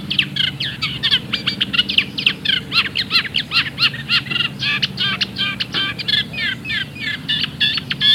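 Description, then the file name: Eurasian reed warbler singing a long, rhythmic run of scratchy, chattering phrases, each note type repeated several times before switching, over a faint low hum. "Cannaiola Comune"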